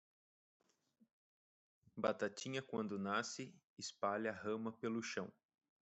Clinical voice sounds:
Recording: short text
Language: Brazilian Portuguese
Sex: male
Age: 30 to 39 years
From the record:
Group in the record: control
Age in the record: 33 years

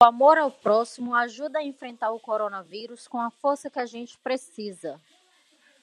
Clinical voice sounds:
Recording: spoken sentence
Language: Brazilian Portuguese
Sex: female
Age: 20 to 29 years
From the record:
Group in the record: control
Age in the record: 29 years

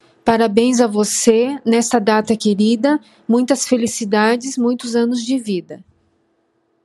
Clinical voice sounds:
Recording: short text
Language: Brazilian Portuguese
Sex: female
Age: 50 to 59 years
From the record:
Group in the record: control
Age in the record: 53 years

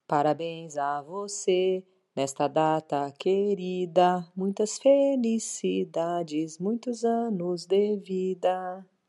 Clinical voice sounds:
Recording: short text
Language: Brazilian Portuguese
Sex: female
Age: 50 to 59 years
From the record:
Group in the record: control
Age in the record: 55 years

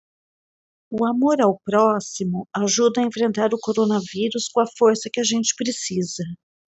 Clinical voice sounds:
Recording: spoken sentence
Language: Brazilian Portuguese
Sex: female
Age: 50 to 59 years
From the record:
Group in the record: control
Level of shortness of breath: 0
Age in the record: 52 years

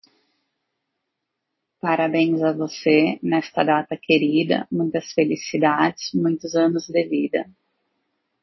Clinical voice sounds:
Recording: short text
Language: Brazilian Portuguese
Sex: female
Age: 40 to 49 years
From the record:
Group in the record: control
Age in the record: 42 years

